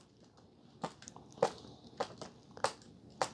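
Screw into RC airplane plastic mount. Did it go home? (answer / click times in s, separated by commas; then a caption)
no / 0.9 s, 1.1 s, 1.4 s, 2.0 s, 2.6 s, 3.2 s. A screw is driven into a plastic mount on a Freewing F22 Raptor 70mm RC foam jet, and it keeps spinning with no resistance. Sharp crunchy clicks land at 0.9, 1.1, 1.4, 2.0, 2.6 and 3.2 seconds. The screw has stripped out the hole.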